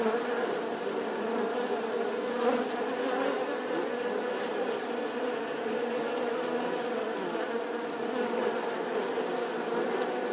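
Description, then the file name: Wasps droning together in a constant, layered buzz. A swarm of wasps buzzing outside their nest. "Tieng bay ong vo ve ngoai to"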